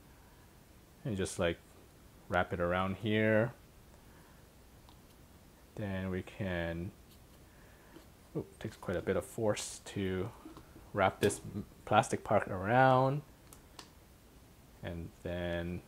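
Someone talks while working the plastic holder clip of a phone holder around a Ubeesize 8-inch ring light tripod stand, a part that takes quite a bit of force to wrap around. A few faint, brief handling taps are heard between the speech. The clip has not yet snapped into place.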